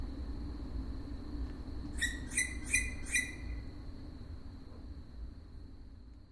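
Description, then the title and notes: Owl calls: four short squeaky notes in quick succession, each with bright harmonics, against a constant high whine and low background rumble. Owls in Židlochovice. "Sovy, Židlochovice. Sovy v Židlochovicích, nahrál Tomáš Šenkyřík"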